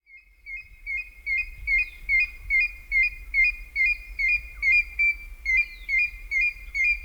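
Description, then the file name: African grey hornbill giving a regular run of piping whistled notes, rhythmic and even, around two per second, over soft low-frequency background noise. "African Grey Hornbill (Tockus nasutus)"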